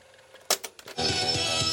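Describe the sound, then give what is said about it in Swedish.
A few sharp mechanical clunks of boombox buttons, then a steady, loud whirring hiss as a cassette tape fast-forwards, with faint rapid ticking running underneath. “Jag spolar fram då lite.”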